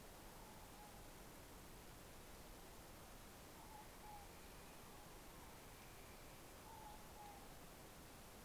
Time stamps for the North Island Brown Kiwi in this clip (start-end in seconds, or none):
none